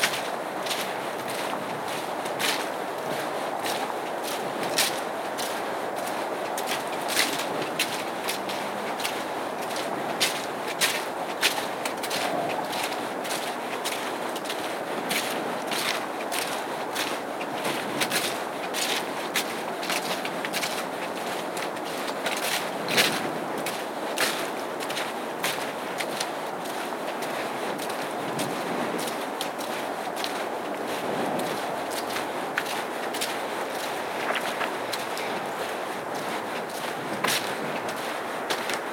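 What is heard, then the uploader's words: A cold, wet winter hike with rain and ice coming down. A constant hiss fills all 39 seconds, broken by frequent sharp ticks and crackles as pellets strike, some louder snaps standing out. The level stays even throughout, with no clear voices. Short, Refreshing Winter Hike (Maybury Hiking Short Loop). In the winter, the conditions of this short hike are cold and wet, hovering around freezing temperatures with a mixture of rain and ice. This short session was recorded on the Sound Devices MixPre-6 audio recorder and DPA Binaural headset mic.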